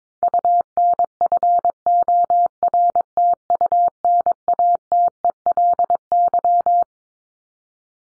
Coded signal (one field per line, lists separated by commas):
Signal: Morse code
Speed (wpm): 22 wpm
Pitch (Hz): 700 Hz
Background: none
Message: UNFORTUNATELY